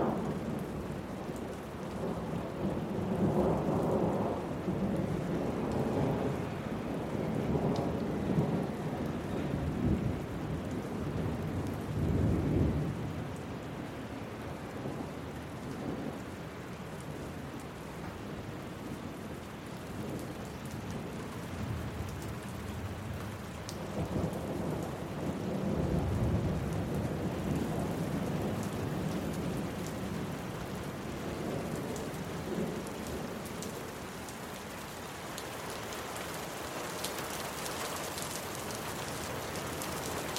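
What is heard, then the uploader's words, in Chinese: Steady rain patters densely on a surface while distant thunder rolls low and heavy, swelling around 3–6 seconds, again near 12 seconds, and in a long rumble from about 24 to 30 seconds. The rain hiss stays constant throughout, brightening slightly toward the end. 放鬆減壓雷雨聲 冥想白噪音。雷雨的遠雷和雨滴敲擊聲。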